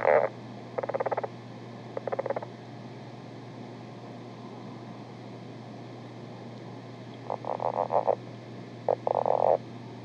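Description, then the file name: Lowland leopard frog producing short pulsed rattles, three early bursts, a long silence, then a cluster of rapid croaking pulses near the end. "ryavapaiensistu"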